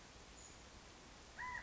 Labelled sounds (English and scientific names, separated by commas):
California Quail (Callipepla californica)